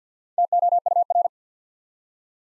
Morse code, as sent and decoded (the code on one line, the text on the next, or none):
- --- ..- .-.
TOUR